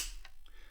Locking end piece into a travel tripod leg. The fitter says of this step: it just twists in and snaps in and you probably heard that snap so now that